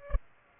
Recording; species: mosquito wingbeat signal from an infrared sensor; Aedes albopictus